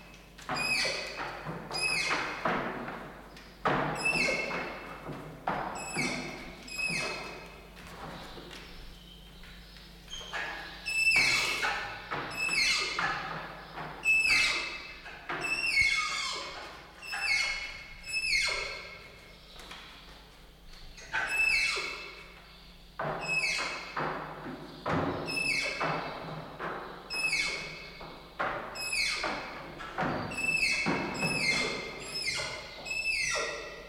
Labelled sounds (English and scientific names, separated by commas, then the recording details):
Malayan Tapir (Tapirus indicus)
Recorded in captivity
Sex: pair
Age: adult
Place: Zoo Berlin, Berlin, DE
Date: 1995-04-01 10:54
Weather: bedeckt - heiter, 6 - 8 °C, böiger Wind
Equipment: Marantz CP 430, Sennheiser ME 80, Kopie Uher Variocord 263
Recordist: Tembrock, Günter